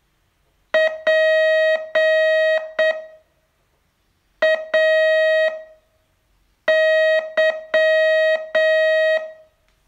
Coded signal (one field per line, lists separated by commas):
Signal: Morse code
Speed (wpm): 7 wpm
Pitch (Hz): 630 Hz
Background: none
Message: PAY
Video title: Learn Morse in 42 Days from VU2LAU - day 29 test